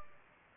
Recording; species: mosquito wingbeat signal from an infrared sensor; Anopheles gambiae